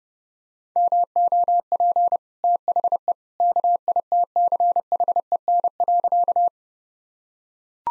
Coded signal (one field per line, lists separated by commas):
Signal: Morse code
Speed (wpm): 30 wpm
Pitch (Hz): 700 Hz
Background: none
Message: MOP THE KITCHEN.